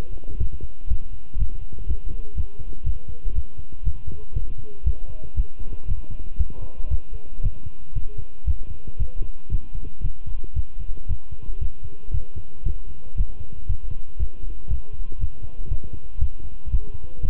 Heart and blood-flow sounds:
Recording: heart sounds by stethoscope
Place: between the tricuspid and mitral areas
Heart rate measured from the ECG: 118 bpm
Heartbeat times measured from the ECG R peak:
0.39 s: heartbeat
0.89 s: heartbeat
1.39 s: heartbeat
1.88 s: heartbeat
2.37 s: heartbeat
2.85 s: heartbeat
3.35 s: heartbeat
3.85 s: heartbeat
4.35 s: heartbeat
4.86 s: heartbeat
5.37 s: heartbeat
5.88 s: heartbeat
6.39 s: heartbeat
6.91 s: heartbeat
7.43 s: heartbeat
7.95 s: heartbeat
8.47 s: heartbeat
8.99 s: heartbeat
9.51 s: heartbeat
10.03 s: heartbeat
10.56 s: heartbeat
11.09 s: heartbeat
11.61 s: heartbeat
12.13 s: heartbeat
12.65 s: heartbeat
13.17 s: heartbeat
13.68 s: heartbeat
14.19 s: heartbeat
14.70 s: heartbeat
15.20 s: heartbeat
15.70 s: heartbeat
16.20 s: heartbeat
16.72 s: heartbeat
17.22 s: heartbeat
From the record:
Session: walking at 3.7 km/h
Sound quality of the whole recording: good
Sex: male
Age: 25 years

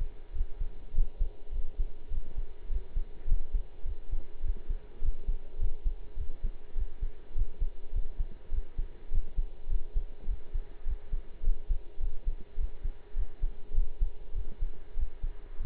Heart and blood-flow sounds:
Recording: heart sounds by stethoscope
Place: between the tricuspid and mitral areas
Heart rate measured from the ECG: 102 bpm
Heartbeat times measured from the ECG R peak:
0.33 s: heartbeat
0.93 s: heartbeat
1.52 s: heartbeat
2.10 s: heartbeat
2.69 s: heartbeat
3.27 s: heartbeat
3.85 s: heartbeat
4.42 s: heartbeat
5.01 s: heartbeat
5.58 s: heartbeat
6.16 s: heartbeat
6.74 s: heartbeat
7.34 s: heartbeat
7.92 s: heartbeat
8.50 s: heartbeat
9.10 s: heartbeat
9.68 s: heartbeat
10.26 s: heartbeat
10.85 s: heartbeat
11.42 s: heartbeat
11.99 s: heartbeat
12.56 s: heartbeat
13.15 s: heartbeat
13.73 s: heartbeat
14.33 s: heartbeat
14.95 s: heartbeat
15.58 s: heartbeat
From the record:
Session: pedaling a stationary bicycle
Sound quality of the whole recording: partially saturated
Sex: male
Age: 23 years

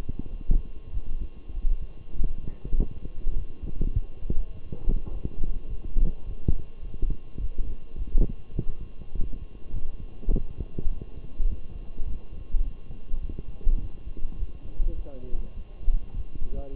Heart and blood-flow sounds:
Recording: heart sounds by stethoscope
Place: between the tricuspid and mitral areas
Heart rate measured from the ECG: 102 bpm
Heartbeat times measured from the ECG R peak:
0.29 s: heartbeat
0.92 s: heartbeat
1.53 s: heartbeat
2.14 s: heartbeat
2.76 s: heartbeat
3.35 s: heartbeat
3.93 s: heartbeat
4.52 s: heartbeat
5.10 s: heartbeat
5.67 s: heartbeat
6.24 s: heartbeat
6.81 s: heartbeat
7.38 s: heartbeat
7.96 s: heartbeat
8.54 s: heartbeat
9.14 s: heartbeat
9.72 s: heartbeat
10.30 s: heartbeat
10.88 s: heartbeat
11.47 s: heartbeat
12.04 s: heartbeat
12.62 s: heartbeat
13.20 s: heartbeat
13.79 s: heartbeat
14.37 s: heartbeat
14.95 s: heartbeat
15.54 s: heartbeat
16.13 s: heartbeat
16.72 s: heartbeat
From the record:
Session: walking at 3.7 km/h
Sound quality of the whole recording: good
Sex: male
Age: 23 years

